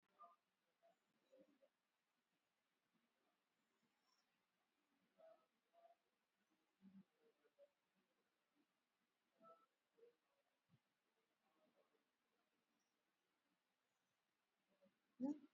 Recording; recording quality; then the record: shallow breathing; moderate, slight background noise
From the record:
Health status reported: COVID-19 positive, mild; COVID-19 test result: positive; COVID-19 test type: RT-PCR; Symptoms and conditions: cough, fatigue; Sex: female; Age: 22 years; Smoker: no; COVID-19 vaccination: one dose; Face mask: worn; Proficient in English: yes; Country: India